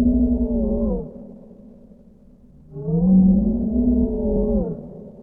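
Whale moans, two long tonal calls with rich overtones, the second rising then sliding down, separated by a quiet gap.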